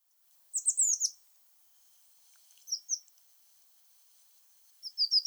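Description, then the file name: Eurasian blue tit calls: a quick run of high, sharply descending notes, then two short paired notes and a closing burst of similar notes. "Cyanistes caeruleus"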